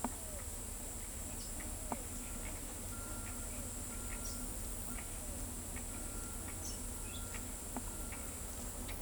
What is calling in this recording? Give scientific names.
none